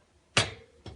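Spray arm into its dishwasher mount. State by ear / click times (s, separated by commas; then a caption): seated / 0.4 s. Someone fits the front end of the plastic spray arm (wand) into its mount in a Miele dishwasher, and it pops into place with a sharp snap at 0.4 s. A quieter knock follows at about 0.9 s, and the arm is seated.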